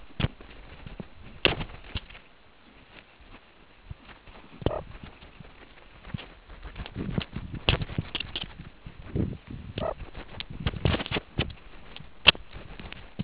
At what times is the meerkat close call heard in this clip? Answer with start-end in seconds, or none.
4.70-4.81, 9.80-9.92